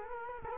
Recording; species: mosquito wingbeat signal from an infrared sensor; Culex quinquefasciatus